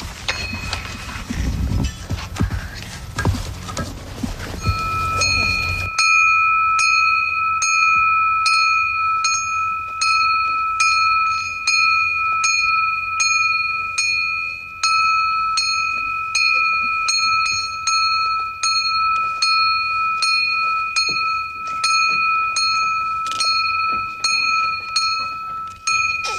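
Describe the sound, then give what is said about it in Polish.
After a few seconds of rumbling, rustling noise, a bright bell is struck again and again in a steady rhythm during a flag raising on an assembly square, its clear ringing tone lingering between strokes for about twenty seconds. “Amelka do flagi, Laura do dzwonka.”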